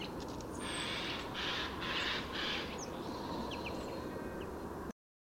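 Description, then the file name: Eurasian jay calling with a quick run of several raspy, scratchy screeches, then quieter faint chirps and steady hiss until the sound cuts off. "Garrulus glandarius"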